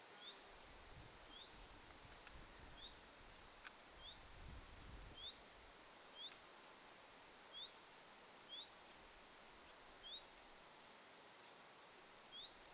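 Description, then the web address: Common chiffchaff giving short, thin upslurred notes every second or two with uneven gaps, over a steady hiss and brief low rumbles. Chiffchaff giving 'hyit' call notes, recorded 7 August 2026. "paivat 7 8 2026 hyit-tiltaltti"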